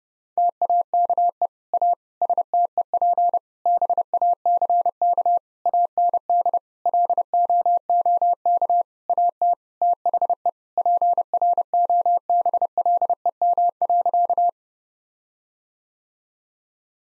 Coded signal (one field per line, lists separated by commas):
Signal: Morse code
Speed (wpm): 32 wpm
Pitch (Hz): 700 Hz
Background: none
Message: TAKE A STEP BACK AND LOOK AT THE PROBLEM.